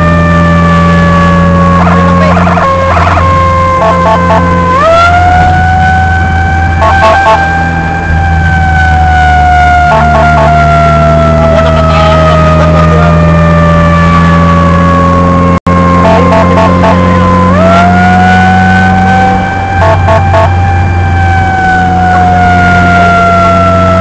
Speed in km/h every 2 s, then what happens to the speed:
72, 74, 73, 70, 63, 67, 71, 75, 77, 80, 77, 77.
3-9 slows to 63. 9-17 speeds up to 80. 17-24 steady at about 77.